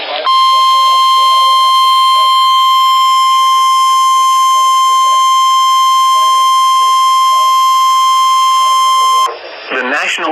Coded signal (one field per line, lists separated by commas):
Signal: Emergency Alert System (SAME) tones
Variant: 1050 Hz attention tone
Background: speech